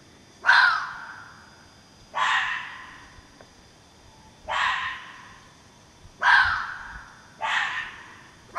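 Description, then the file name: Fox giving harsh, hoarse barks that start abruptly and fade, five calls at uneven gaps of one to two and a half seconds, with a quiet background. More than one fox. "renards"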